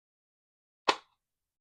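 A compact Sig P239 pistol is pushed into a no-name Kydex holster for a second listen to its retention click. A single soft click is heard at 0.9 s, with silence before and after. The pistol seats, but the click is judged soft as butter and not to the owner's liking.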